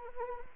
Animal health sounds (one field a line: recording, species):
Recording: mosquito wingbeat signal from an infrared sensor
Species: Anopheles arabiensis